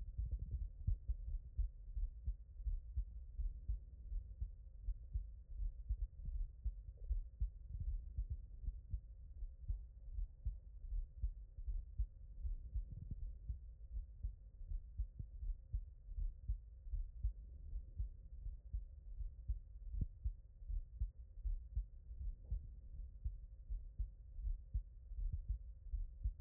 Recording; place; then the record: heart sounds by stethoscope; tricuspid valve (TV)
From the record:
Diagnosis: non-HFrEF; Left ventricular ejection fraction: 71%